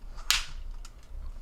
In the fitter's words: you see you hear those snaps